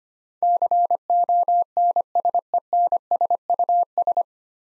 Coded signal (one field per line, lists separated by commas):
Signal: Morse code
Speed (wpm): 25 wpm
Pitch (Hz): 700 Hz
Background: none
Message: CONSENSUS